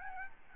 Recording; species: mosquito wingbeat signal from an infrared sensor; Aedes albopictus